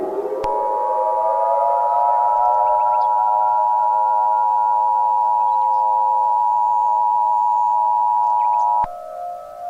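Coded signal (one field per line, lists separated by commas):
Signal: Emergency Alert System (SAME) tones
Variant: 853 and 960 Hz attention tone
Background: music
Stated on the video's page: Fictional EAS scenario.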